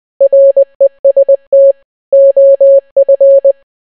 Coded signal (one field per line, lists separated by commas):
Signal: Morse code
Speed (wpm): 20 wpm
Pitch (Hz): 550 Hz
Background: none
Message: REST OF